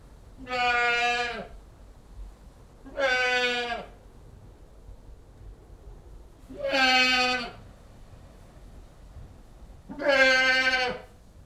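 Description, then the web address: Goat gives four drawn-out, harsh, nasal bleats spaced a few seconds apart; no other sounds stand out. A single Old English goat bleating. "BBC Sound Effects Library. One Old English Goat Bleating"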